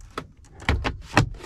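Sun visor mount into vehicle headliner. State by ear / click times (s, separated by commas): seated / 0.2 s, 0.7 s, 1.2 s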